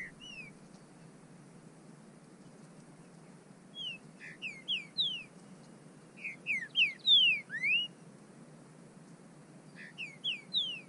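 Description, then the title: Bird song: bursts of clear whistled notes, mostly falling slurs with a few rising ones, delivered in phrases separated by pauses of a couple of seconds. "burung"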